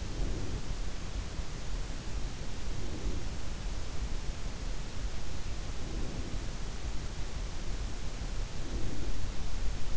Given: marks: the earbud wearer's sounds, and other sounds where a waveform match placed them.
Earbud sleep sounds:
sounds in sleep by an in-ear microphone; breath
0.00-0.81 s: breath
2.44-3.44 s: breath
5.63-6.89 s: breath
8.48-9.37 s: breath

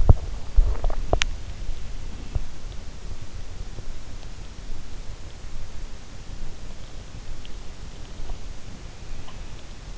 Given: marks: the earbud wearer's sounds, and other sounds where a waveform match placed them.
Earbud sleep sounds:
sounds in sleep by an in-ear microphone; body movement
0.00-1.36 s: body movement

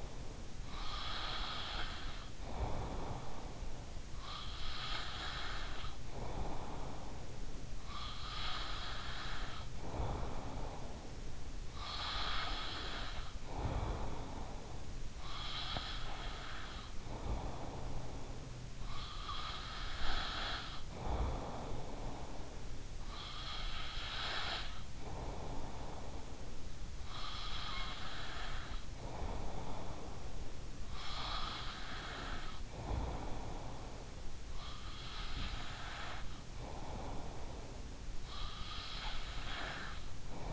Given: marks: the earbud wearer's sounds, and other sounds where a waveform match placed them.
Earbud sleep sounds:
sounds in sleep by an in-ear microphone; breath
0.00-40.53 s: breath

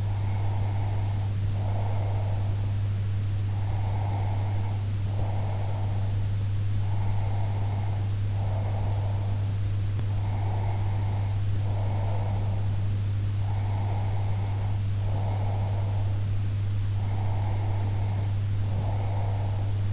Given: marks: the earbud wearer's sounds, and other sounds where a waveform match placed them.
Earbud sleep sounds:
sounds in sleep by an in-ear microphone; breath
0.00-2.77 s: breath
3.40-6.20 s: breath
6.83-9.51 s: breath
9.99-12.80 s: breath
13.37-16.31 s: breath
16.85-19.83 s: breath

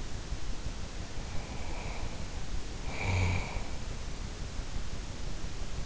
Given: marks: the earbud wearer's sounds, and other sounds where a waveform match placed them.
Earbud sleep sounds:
sounds in sleep by an in-ear microphone; snoring breath
0.90-3.70 s: snoring breath

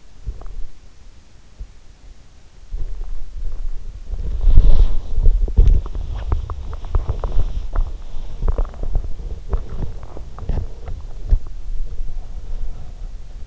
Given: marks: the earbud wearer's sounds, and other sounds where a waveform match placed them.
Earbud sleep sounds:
sounds in sleep by an in-ear microphone; swallowing, body movement
0.00-1.36 s: swallowing
2.19-13.47 s: body movement

